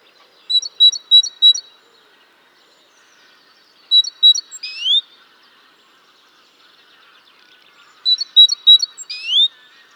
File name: Parus major